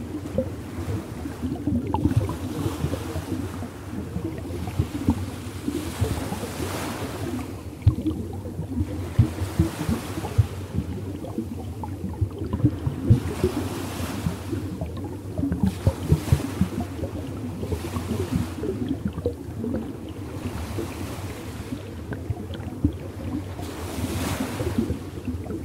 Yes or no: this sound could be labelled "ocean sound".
yes